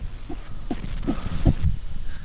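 Fast, even, muffled whooshing thumps come through a fetal heart monitor, with a low hum behind them. Slowing during contractions would be the worrying sign.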